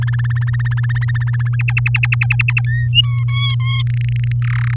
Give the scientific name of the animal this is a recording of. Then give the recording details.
Serinus canaria. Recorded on 8 May 2018 at 15:31. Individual llb16